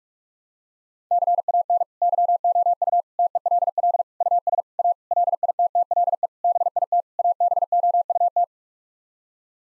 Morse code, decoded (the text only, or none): CAN YOU TELL US A LITTLE BIT ABOUT